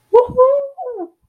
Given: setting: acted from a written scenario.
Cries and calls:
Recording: vocal sound without words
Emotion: elation

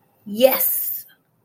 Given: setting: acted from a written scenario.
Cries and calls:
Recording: vocal sound without words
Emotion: pride

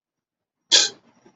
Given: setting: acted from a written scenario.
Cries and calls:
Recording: vocal sound without words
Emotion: contempt

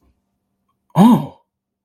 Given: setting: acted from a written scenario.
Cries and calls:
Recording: vocal sound without words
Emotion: realization

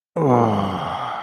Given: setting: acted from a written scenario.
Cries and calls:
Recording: vocal sound without words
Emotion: ecstasy

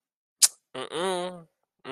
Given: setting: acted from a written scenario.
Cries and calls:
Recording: vocal sound without words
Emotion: contempt

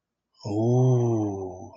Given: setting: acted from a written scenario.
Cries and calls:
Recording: vocal sound without words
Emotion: awe

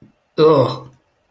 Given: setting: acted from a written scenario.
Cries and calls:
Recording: vocal sound without words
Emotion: disgust

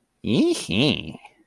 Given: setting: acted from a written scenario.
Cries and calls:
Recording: vocal sound without words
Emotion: romantic love

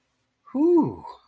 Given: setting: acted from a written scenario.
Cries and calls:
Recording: vocal sound without words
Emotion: relief

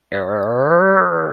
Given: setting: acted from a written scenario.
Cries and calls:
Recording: vocal sound without words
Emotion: embarrassment

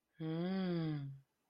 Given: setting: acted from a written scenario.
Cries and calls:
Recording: vocal sound without words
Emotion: serenity

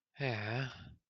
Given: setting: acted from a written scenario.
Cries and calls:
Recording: vocal sound without words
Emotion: sympathy

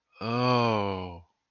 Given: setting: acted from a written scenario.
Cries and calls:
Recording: vocal sound without words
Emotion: awe

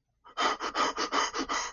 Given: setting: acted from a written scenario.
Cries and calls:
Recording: vocal sound without words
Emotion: sadness

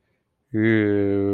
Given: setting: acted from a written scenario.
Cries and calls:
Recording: vocal sound without words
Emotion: desire

